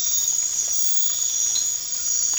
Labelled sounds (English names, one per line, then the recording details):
none
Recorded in pastures near Puerto Asís, Putumayo, Colombia, on 8 March 2025 at 01:30
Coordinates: 0.502, -76.324
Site GP07